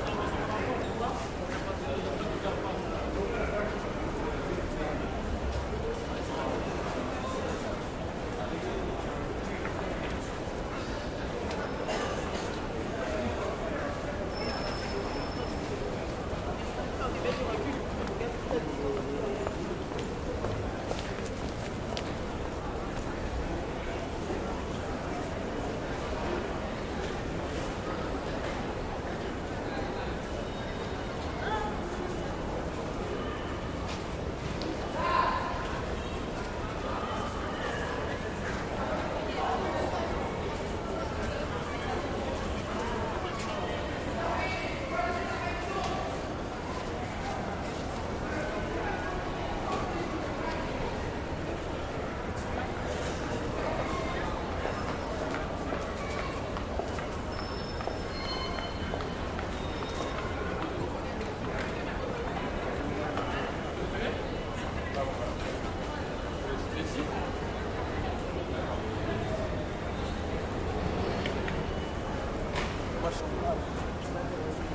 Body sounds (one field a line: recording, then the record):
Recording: background sound without coughing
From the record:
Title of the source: Train Station Sounds Paris